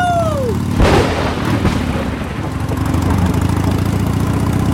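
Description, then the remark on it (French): A motorcycle carrying four riders kicks to life with a sharp burst, then settles into a loud, steady, throaty rumble that keeps going to the end, with no one speaking. “Techniquement, c'est illégal de monter à 4 sur une moto, mais je crois que dans ce cas précis, nous pouvons envisager de faire une entorse à la loi.”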